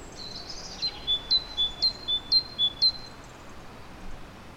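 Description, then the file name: Great tit repeating a bright two-note phrase, high then low, about five times in a steady rhythm before falling silent. "Parus major"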